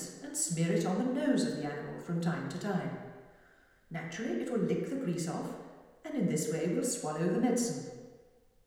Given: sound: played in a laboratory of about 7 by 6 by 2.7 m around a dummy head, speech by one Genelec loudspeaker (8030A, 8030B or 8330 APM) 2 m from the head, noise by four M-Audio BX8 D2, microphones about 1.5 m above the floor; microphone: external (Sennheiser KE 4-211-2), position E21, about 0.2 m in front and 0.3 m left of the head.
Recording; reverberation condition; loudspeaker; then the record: female speech in English; high; 30 degrees to the left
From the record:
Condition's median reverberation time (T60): about 1300 ms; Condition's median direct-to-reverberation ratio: about -4.0 dB